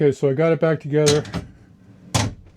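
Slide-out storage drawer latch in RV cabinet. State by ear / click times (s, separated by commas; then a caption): not seated / none. Someone talks while handling a reassembled slide-out storage drawer in an RV cabinet, followed by a quiet pause and a short, sharp noise burst at about 2.2 s. The drawer's latch has not yet locked in place, and nothing has seated or clicked yet.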